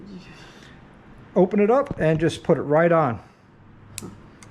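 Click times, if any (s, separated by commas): 4.0 s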